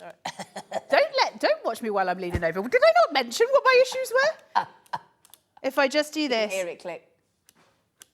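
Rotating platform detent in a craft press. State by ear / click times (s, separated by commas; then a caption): seated / 8.0 s. Someone talks while turning the rotating platform of a craft die-cutting press until it clicks into its indexed zero detent. After the talking stops and a few faint ticks sound, a short, sharp click is heard at 8.0 s, a definite click that seats the plate at the zero position.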